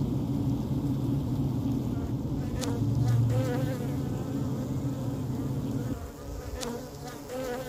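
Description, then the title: Honey bee hive hum, dense and low-pitched, holding steady and loud before easing slightly near the end, with faint higher rustles above. Honey bees inside a hive on day 28 after the colony was settled. "Beetrine, Tag 28 nach Besiedelung"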